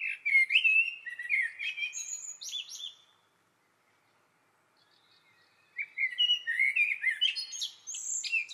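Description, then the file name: Common blackbird song: a rich, fluting phrase with twittering high flourishes, a pause, then another similar warbled phrase. "Turdus merula"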